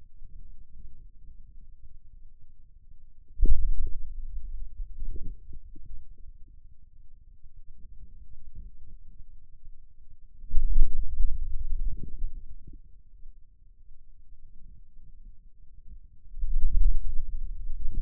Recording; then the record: forearm muscle sounds (acoustic myography)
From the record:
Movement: hand closing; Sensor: system 2, bracelet of six BSWA MPA416 microphones around the upper forearm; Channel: 2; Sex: male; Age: 22 years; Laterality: right